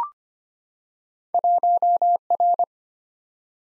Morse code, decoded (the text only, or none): 1R